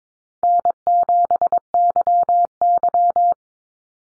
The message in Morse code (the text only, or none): N7YY